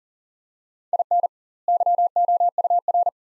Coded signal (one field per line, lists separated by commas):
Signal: Morse code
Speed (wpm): 40 wpm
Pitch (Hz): 700 Hz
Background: none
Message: IN YOUR